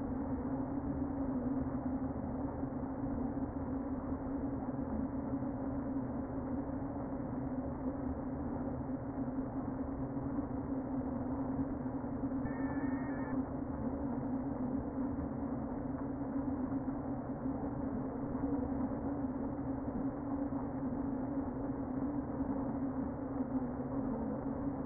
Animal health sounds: honeybee colony, microphone inside the hive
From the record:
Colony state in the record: queen present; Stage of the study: before two queens were removed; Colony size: about 60,000 bees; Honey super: yes

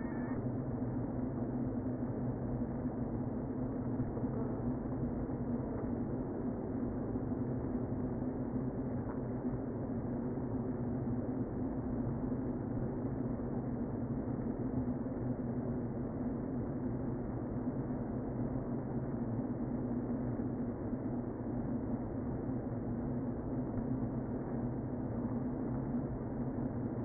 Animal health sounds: honeybee colony, microphone inside the hive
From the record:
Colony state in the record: queen present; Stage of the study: before two queens were removed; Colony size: about 60,000 bees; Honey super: yes

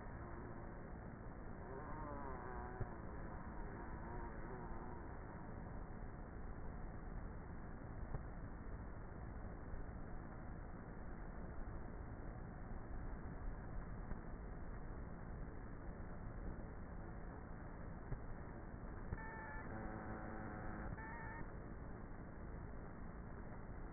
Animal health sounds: honeybee colony, microphone inside the hive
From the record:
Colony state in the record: queenless with a low population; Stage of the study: before two queens were removed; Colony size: about 30,000 bees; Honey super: no

